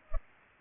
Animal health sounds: mosquito wingbeat signal from an infrared sensor; Culex pipiens

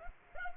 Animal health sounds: mosquito wingbeat signal from an infrared sensor; Culex pipiens

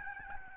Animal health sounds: mosquito wingbeat signal from an infrared sensor; Aedes albopictus

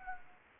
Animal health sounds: mosquito wingbeat signal from an infrared sensor; Anopheles gambiae

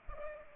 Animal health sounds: mosquito wingbeat signal from an infrared sensor; Culex pipiens

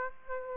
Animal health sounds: mosquito wingbeat signal from an infrared sensor; Aedes aegypti

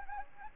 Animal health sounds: mosquito wingbeat signal from an infrared sensor; Anopheles gambiae

